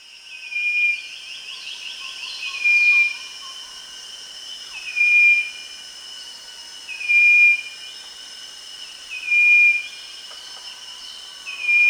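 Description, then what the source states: Striped wren-babbler giving a clear, level whistled note about every two seconds, six notes in all. Recorded at Danum on 1 March 2008.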